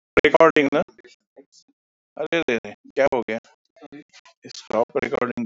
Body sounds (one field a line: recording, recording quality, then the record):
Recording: heavy voluntary cough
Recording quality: poor, much background noise or distortion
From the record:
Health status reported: respiratory illness, not identified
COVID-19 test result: negative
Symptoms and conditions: cough, chronic lung disease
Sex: male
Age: 68 years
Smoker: not ticked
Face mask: not worn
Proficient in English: yes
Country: India